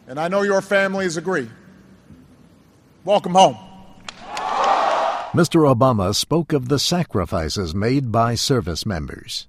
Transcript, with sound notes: and I know your families agree: Welcome home. [Cheers] Mr. Obama spoke of the sacrifices made by service members.